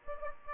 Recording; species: mosquito wingbeat signal from an infrared sensor; Aedes aegypti